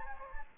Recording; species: mosquito wingbeat signal from an infrared sensor; Anopheles gambiae